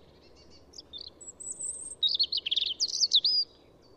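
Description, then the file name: European robin delivering a short song: a few thin high notes, then a fast jangling run of warbled and trilled notes lasting about a second and a half. "Pettirosso"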